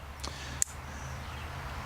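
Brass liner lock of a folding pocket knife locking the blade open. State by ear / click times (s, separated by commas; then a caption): seated / 0.6 s. The clip point blade of a Schrade USA Old Timer 194OT Gunstock Trapper folding pocket knife is opened until the brass liner lock springs across behind it. A single sharp snap is heard at 0.6 s, with a faint softer sound near 0.25 s over a steady low hum. The liner lock seats and locks the blade open.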